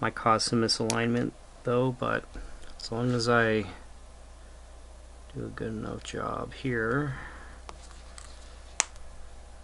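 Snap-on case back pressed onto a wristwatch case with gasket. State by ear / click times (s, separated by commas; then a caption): seated / 8.8 s. A metal snap-on case back is pressed over the gasket onto a Seiko 7N89 F070 women's cocktail wristwatch with a Japanese 7N89A movement after a battery replacement. Someone talks, and after a few faint clicks the case back shuts with a single sharp snap at 8.8 s. It is seated, having taken the gasket well.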